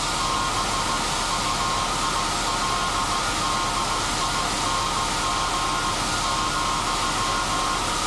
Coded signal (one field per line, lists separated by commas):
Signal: Morse code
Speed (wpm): 17 wpm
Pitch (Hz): 1070 Hz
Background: none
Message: BUILDING,